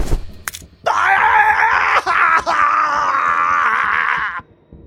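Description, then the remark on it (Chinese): A man howls in pain as his wrist is snapped, a long, strained, wavering cry lasting several seconds with two brief catches for breath, preceded by a couple of sharp snapping cracks of the wrist breaking. “一道清脆的折裂声，中年男人的手腕以诡异的姿势被掰断，男人痛苦地嚎叫着，眼中全是害怕的神色。”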